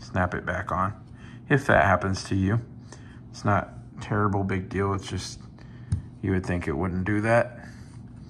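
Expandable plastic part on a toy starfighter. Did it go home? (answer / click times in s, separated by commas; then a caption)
no / none. Someone talks while handling an expandable plastic part on a Star Wars Micro Galaxy Squadron Asajj Ventress's Ginivex Starfighter toy (Series 1, number 11), moving it into position. The clip is mostly speech with faint handling noise, and it ends before the part locks into place, so nothing has seated or clicked yet.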